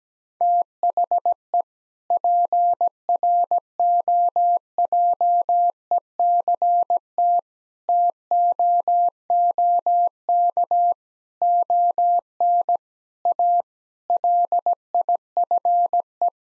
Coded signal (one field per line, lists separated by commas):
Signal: Morse code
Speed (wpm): 17 wpm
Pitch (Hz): 700 Hz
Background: none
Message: THE PROJECT TOOK ON A LIFE